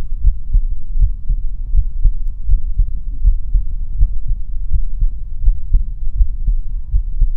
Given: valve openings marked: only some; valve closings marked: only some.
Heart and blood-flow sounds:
heart sounds by stethoscope; 81 bpm
0.25 s: heartbeat (ECG mark)
0.54 s: aortic valve closes (echo mark)
1.00 s: heartbeat (ECG mark)
1.08 s: aortic valve opens (echo mark)
1.29 s: aortic valve closes (echo mark)
1.75 s: heartbeat (ECG mark)
1.81 s: aortic valve opens (echo mark)
2.05 s: aortic valve closes (echo mark)
2.50 s: heartbeat (ECG mark)
3.25 s: heartbeat (ECG mark)
3.99 s: heartbeat (ECG mark)
4.06 s: aortic valve opens (echo mark)
4.72 s: heartbeat (ECG mark)
4.78 s: aortic valve opens (echo mark)
5.45 s: heartbeat (ECG mark)
6.18 s: heartbeat (ECG mark)
6.92 s: heartbeat (ECG mark)
6.99 s: aortic valve opens (echo mark)
7.21 s: aortic valve closes (echo mark)
From the record:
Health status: healthy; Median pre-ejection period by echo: 68 ms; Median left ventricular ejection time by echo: 227 ms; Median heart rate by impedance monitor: 81 bpm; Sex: male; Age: 20 years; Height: 181 cm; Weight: 74 kg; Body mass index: 22.59

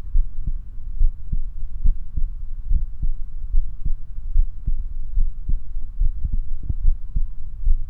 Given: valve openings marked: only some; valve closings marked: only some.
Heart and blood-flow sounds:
heart sounds by stethoscope; 72 bpm
0.17 s: heartbeat (ECG mark)
0.24 s: aortic valve opens (echo mark)
0.48 s: aortic valve closes (echo mark)
1.02 s: heartbeat (ECG mark)
1.10 s: aortic valve opens (echo mark)
1.33 s: aortic valve closes (echo mark)
1.87 s: heartbeat (ECG mark)
1.94 s: aortic valve opens (echo mark)
2.18 s: aortic valve closes (echo mark)
2.73 s: heartbeat (ECG mark)
2.80 s: aortic valve opens (echo mark)
3.03 s: aortic valve closes (echo mark)
3.55 s: heartbeat (ECG mark)
3.63 s: aortic valve opens (echo mark)
3.87 s: aortic valve closes (echo mark)
4.37 s: heartbeat (ECG mark)
4.45 s: aortic valve opens (echo mark)
4.68 s: aortic valve closes (echo mark)
5.19 s: heartbeat (ECG mark)
5.26 s: aortic valve opens (echo mark)
5.50 s: aortic valve closes (echo mark)
6.03 s: heartbeat (ECG mark)
6.10 s: aortic valve opens (echo mark)
6.35 s: aortic valve closes (echo mark)
6.86 s: heartbeat (ECG mark)
6.94 s: aortic valve opens (echo mark)
7.16 s: aortic valve closes (echo mark)
7.68 s: heartbeat (ECG mark)
From the record:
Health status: healthy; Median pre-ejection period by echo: 77 ms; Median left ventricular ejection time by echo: 238 ms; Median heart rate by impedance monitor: 72 bpm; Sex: male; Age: 24 years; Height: 167 cm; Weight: 61 kg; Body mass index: 21.87

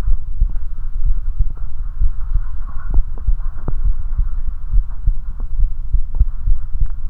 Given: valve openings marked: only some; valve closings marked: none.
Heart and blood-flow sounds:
heart sounds by stethoscope; 66 bpm
0.09 s: heartbeat (ECG mark)
0.15 s: aortic valve opens (echo mark)
1.08 s: heartbeat (ECG mark)
1.14 s: aortic valve opens (echo mark)
2.03 s: heartbeat (ECG mark)
2.09 s: aortic valve opens (echo mark)
2.96 s: heartbeat (ECG mark)
3.01 s: aortic valve opens (echo mark)
3.87 s: heartbeat (ECG mark)
3.93 s: aortic valve opens (echo mark)
4.75 s: heartbeat (ECG mark)
5.61 s: heartbeat (ECG mark)
5.68 s: aortic valve opens (echo mark)
6.49 s: heartbeat (ECG mark)
6.56 s: aortic valve opens (echo mark)
From the record:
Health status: healthy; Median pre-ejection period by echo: 62 ms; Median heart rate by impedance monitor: 66 bpm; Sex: male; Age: 21 years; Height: 170 cm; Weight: 85 kg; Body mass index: 29.41

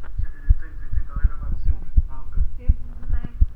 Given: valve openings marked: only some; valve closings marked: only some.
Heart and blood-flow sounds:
heart sounds by stethoscope; 83 bpm
0.21 s: heartbeat (ECG mark)
0.95 s: heartbeat (ECG mark)
1.24 s: aortic valve closes (echo mark)
1.68 s: heartbeat (ECG mark)
1.99 s: aortic valve closes (echo mark)
2.40 s: heartbeat (ECG mark)
2.47 s: aortic valve opens (echo mark)
3.12 s: heartbeat (ECG mark)
From the record:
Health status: healthy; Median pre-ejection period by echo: 74 ms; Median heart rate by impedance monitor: 82 bpm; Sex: male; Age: 20 years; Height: 181 cm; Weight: 68 kg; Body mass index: 20.76

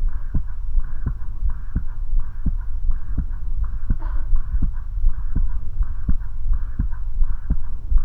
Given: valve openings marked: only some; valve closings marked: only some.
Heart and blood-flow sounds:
heart sounds by stethoscope; 84 bpm
0.05 s: heartbeat (ECG mark)
0.10 s: aortic valve opens (echo mark)
0.38 s: aortic valve closes (echo mark)
0.77 s: heartbeat (ECG mark)
0.82 s: aortic valve opens (echo mark)
1.10 s: aortic valve closes (echo mark)
1.46 s: heartbeat (ECG mark)
1.52 s: aortic valve opens (echo mark)
1.78 s: aortic valve closes (echo mark)
2.16 s: heartbeat (ECG mark)
2.22 s: aortic valve opens (echo mark)
2.49 s: aortic valve closes (echo mark)
2.88 s: heartbeat (ECG mark)
2.93 s: aortic valve opens (echo mark)
3.21 s: aortic valve closes (echo mark)
3.61 s: heartbeat (ECG mark)
3.66 s: aortic valve opens (echo mark)
3.92 s: aortic valve closes (echo mark)
4.33 s: heartbeat (ECG mark)
4.38 s: aortic valve opens (echo mark)
4.65 s: aortic valve closes (echo mark)
5.06 s: heartbeat (ECG mark)
5.11 s: aortic valve opens (echo mark)
5.39 s: aortic valve closes (echo mark)
5.79 s: heartbeat (ECG mark)
5.84 s: aortic valve opens (echo mark)
6.11 s: aortic valve closes (echo mark)
6.50 s: heartbeat (ECG mark)
6.55 s: aortic valve opens (echo mark)
6.82 s: aortic valve closes (echo mark)
7.20 s: heartbeat (ECG mark)
7.25 s: aortic valve opens (echo mark)
7.53 s: aortic valve closes (echo mark)
7.95 s: heartbeat (ECG mark)
From the record:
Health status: healthy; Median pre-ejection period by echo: 51 ms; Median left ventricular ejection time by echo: 274 ms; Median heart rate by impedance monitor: 81 bpm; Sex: female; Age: 19 years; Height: 155 cm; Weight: 52 kg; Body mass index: 21.63

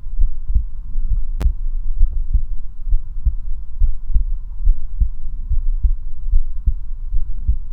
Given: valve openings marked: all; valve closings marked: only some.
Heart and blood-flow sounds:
heart sounds by stethoscope; 69 bpm
0.23 s: heartbeat (ECG mark)
0.27 s: aortic valve opens (echo mark)
0.55 s: aortic valve closes (echo mark)
1.13 s: heartbeat (ECG mark)
1.17 s: aortic valve opens (echo mark)
1.46 s: aortic valve closes (echo mark)
2.02 s: heartbeat (ECG mark)
2.06 s: aortic valve opens (echo mark)
2.35 s: aortic valve closes (echo mark)
2.94 s: heartbeat (ECG mark)
2.98 s: aortic valve opens (echo mark)
3.27 s: aortic valve closes (echo mark)
3.83 s: heartbeat (ECG mark)
3.87 s: aortic valve opens (echo mark)
4.16 s: aortic valve closes (echo mark)
4.68 s: heartbeat (ECG mark)
4.72 s: aortic valve opens (echo mark)
5.02 s: aortic valve closes (echo mark)
5.52 s: heartbeat (ECG mark)
5.56 s: aortic valve opens (echo mark)
5.84 s: aortic valve closes (echo mark)
6.35 s: heartbeat (ECG mark)
6.38 s: aortic valve opens (echo mark)
6.68 s: aortic valve closes (echo mark)
7.16 s: heartbeat (ECG mark)
7.20 s: aortic valve opens (echo mark)
From the record:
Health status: healthy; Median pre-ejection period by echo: 44 ms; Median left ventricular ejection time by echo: 286 ms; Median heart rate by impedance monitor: 70 bpm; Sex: male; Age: 19 years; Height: 179 cm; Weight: 78 kg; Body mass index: 24.34

